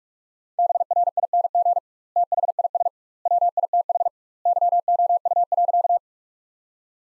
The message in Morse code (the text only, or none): BRING THIS WITH YOU.